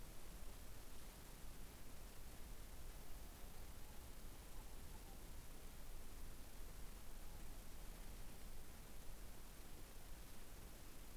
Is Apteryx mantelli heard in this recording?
no